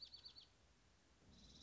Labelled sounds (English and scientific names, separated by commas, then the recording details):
Dark-eyed Junco (Junco hyemalis)
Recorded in Sonoma County, California